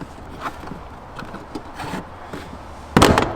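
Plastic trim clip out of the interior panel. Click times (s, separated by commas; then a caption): 3.0 s. An interior trim piece is pushed sideways to release its plastic retaining clip from behind a panel during an upTOP Bravo roof rack install. Quiet rubbing and light knocks lead to a sharp, loud pop at 3.0 s, followed by a brief clatter. The plastic trim clip is released from the interior panel.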